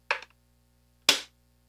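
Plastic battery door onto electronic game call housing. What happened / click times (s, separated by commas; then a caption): The plastic cover snapped shut / 1.1 s. After the battery pack's connector is clipped in and tucked away, the plastic battery door is pressed back onto the housing of a Foxpro Prowler electronic predator call. A short sharp tap comes at 0.1 s, then a louder, sharper snap at 1.1 s as the door seats shut.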